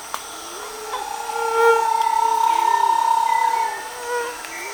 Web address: Bahia tapaculo. صدای-پرنده-تپلک-باهیا